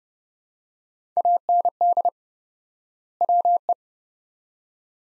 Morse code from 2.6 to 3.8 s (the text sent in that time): WE